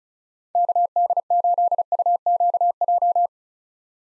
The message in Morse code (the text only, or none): KD8UQJ